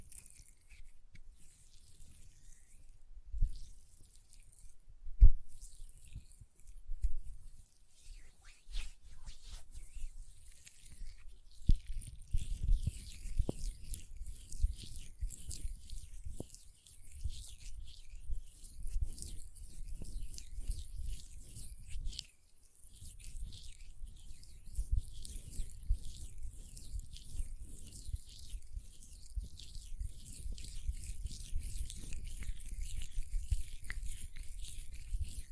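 Hand sounds with rubbing and tapping: soft, crackly rustles fill the upper range while low thumps and smears run underneath. Activity starts sparse with a sharp tap near five seconds, then turns dense and continuous after about twelve seconds, briefly pausing around twenty-three seconds.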